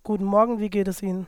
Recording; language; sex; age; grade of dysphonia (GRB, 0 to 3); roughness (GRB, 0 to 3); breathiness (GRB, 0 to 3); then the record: spoken sentence; German; male; 20 to 29 years; 1; 1; 1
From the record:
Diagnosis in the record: functional dysphonia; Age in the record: 22 years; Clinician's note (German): Z.B. Mutationsfistelstimme